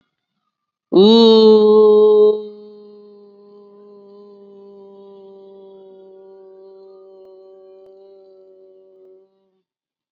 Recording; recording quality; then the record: sustained vowel as in boot; excellent, no background noise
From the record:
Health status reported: COVID-19 positive, mild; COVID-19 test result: positive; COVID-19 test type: RT-PCR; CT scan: not taken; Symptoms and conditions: cough, fever, fatigue, muscle pain, diabetes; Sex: female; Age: 36 years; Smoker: no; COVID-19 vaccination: both doses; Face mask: worn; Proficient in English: yes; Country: India